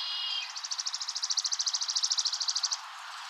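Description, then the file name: Chipping sparrow song: a dry, even trill of many rapid identical chips lasting about two seconds, with light background hiss. "Spizella passerina"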